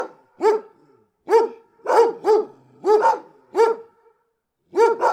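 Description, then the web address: Dog: deep barking, single barks and quick doubles, repeated every second or so. Big dogs barking, recorded close. "Bart Kamski - Dogs - Dogs big close barking"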